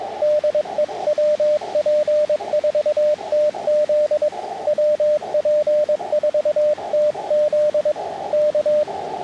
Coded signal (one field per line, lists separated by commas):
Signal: Morse code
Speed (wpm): 22 wpm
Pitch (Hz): 600 Hz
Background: radio noise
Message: DE WP4TZ WP4TZ K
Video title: Parks on the Air Morse Code (CW) activation summary